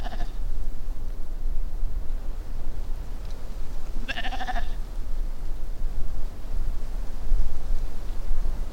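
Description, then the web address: Sheep bleats: a faint one at the start and a clear trembling bleat midway, over heavy low-frequency rumble. "Scott Sherk Phonography Compendium 1 Scott Sherk - Sheep"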